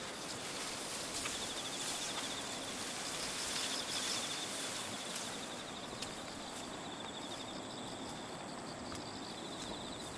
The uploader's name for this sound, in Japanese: 雨の多摩川を歩く音